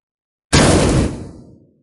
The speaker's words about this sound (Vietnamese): Cửa phòng bị một người đạp tung ra, cửa phòng đúc bằng hợp kim đã bị đá cho biến dạng.